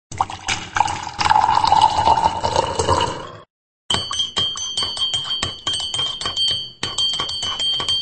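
Coffee is poured at a radio studio's sound desk, streaming steadily into a cup for about three seconds, its gurgle rising in pitch as it fills; after a short pause, bright, high ringing clinks and taps follow. No one speaks.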